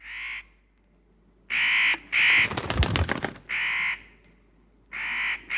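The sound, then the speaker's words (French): A crow caws five times, loud, harsh and hoarse, with pauses between calls, while a quick rattling, clicking burst sounds in the middle. No one speaks. “Regardez, c'est l'oiseau noir.”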